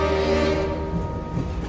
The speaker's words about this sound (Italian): Il treno va.